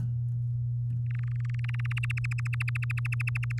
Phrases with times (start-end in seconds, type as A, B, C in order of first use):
1.06-1.99 A, 2.03-3.59 B